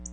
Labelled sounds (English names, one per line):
Black-throated Blue Warbler flight call